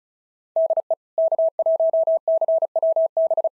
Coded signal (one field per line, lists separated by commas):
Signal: Morse code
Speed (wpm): 35 wpm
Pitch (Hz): 650 Hz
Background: none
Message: DE K1CWB